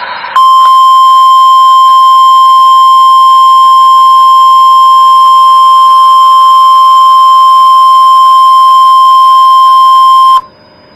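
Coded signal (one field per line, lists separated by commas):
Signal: Emergency Alert System (SAME) tones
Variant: 1050 Hz attention tone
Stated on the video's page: Required Weekly Test recorded from NOAA Weather Radio in Los Angeles.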